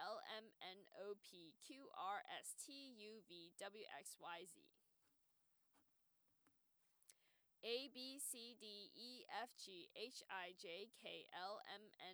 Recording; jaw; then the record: letters of the alphabet, spoken; free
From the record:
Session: first day, before the bite bar